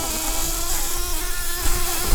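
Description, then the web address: Common carder bee buzz: a loud, steady, low droning hum with faint overtones, over rough background noise throughout. Queens. "Pascuorum queens"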